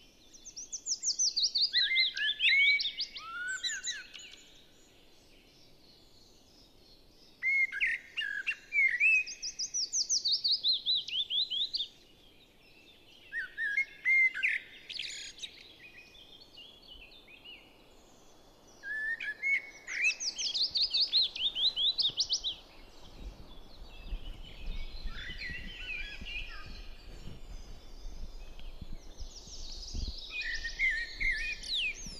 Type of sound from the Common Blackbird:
song